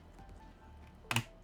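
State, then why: Seated. A DDR5 memory stick is pressed into the motherboard DIMM slot, bottom end first and then the top. Against a low background, two sharp clicks sound at 1.1 and 1.2 seconds as the slot latches lock. The RAM is seated and installed.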